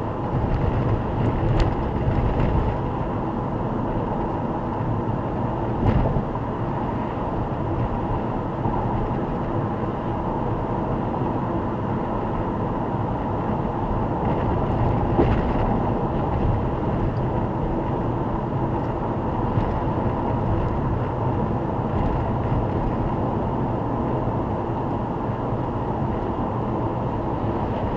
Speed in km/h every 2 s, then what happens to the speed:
100, 100, 101, 103, 104, 104, 103, 102, 100, 100, 100, 101, 99, 99.
0-28 steady at about 100.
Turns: none.